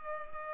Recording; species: mosquito wingbeat signal from an infrared sensor; Culex pipiens